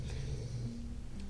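A low, rumbling snore from a sleeping dog, with a brief snort-like noise, faint in a quiet indoor room. It is an ordinary snore from a resting dog, heard in the background.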